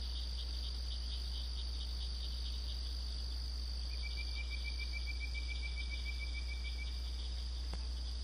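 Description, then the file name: Bird-voiced treefrog calling, a quick run of clear whistled notes on one pitch lasting about three seconds, over steady high insect hum and constant low noise. "Hyla avivoca"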